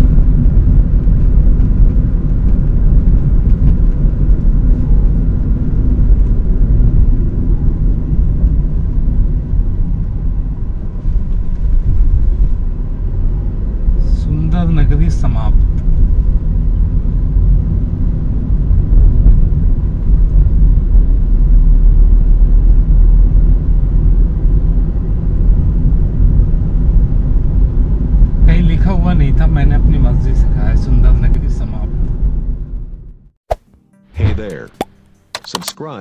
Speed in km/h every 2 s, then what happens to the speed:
51, 50, 49, 38, 22, 8, 13, 19, 25, 30, 30, 34, 36, 39, 41, 42, 40, 37.
0-10 brakes to 8. 10-29 speeds up to 42.